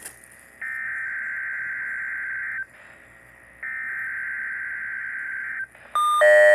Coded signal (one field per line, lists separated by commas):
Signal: Emergency Alert System (SAME) tones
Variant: header bursts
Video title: Required Weekly Test (EAS #60) (1/3/2024)